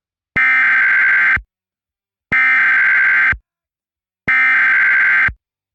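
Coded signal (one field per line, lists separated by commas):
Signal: Emergency Alert System (SAME) tones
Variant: header bursts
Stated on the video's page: Fictional EAS scenario recreating tones on an AT&T U-verse cable provider alert, with updated audio.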